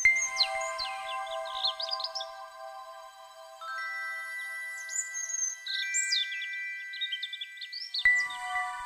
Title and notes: Recording of a European Robin in Berlin in October 2023. Lars Lachmann